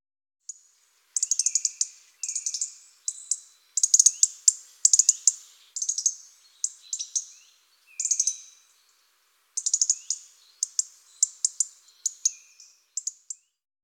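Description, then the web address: European robin song: short bursts of thin, high, tinkling notes in separate phrases with brief pauses, some phrases with lower drawn-out notes, no other sounds. "IVN Zangvogels. Roodborst"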